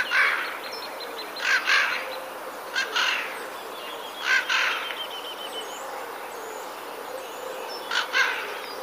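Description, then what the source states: Eurasian jay screeching repeatedly, grating paired rasps coming at irregular intervals, with a thin twittering of another small bird in the background. Warning calls; recorded 7 April 2019.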